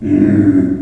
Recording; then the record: squeal of a Yucatan mini pig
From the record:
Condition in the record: after surgery on the right vocal fold (resection and tissue-engineered implant); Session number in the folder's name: 4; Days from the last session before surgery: 26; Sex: female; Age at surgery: 19 weeks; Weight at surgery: 25 kg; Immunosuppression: prednisolone